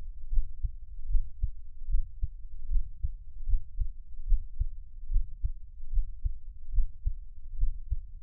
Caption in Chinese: 台灣asmr。 獻上我的心跳 | Give my Heartbeat | NO Talking。